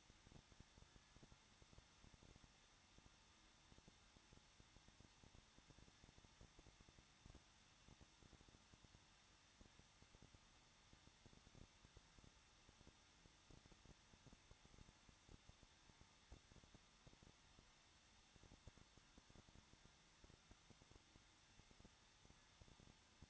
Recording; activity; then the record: daily activity, microphone in the room; no activity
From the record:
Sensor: 3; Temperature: 21.2 degrees Celsius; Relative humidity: 36.4%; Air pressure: 1006.3 hPa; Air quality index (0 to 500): 223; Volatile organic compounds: 43 ppm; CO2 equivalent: 3200 ppm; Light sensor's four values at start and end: 2/3/2/2 and 2/3/2/2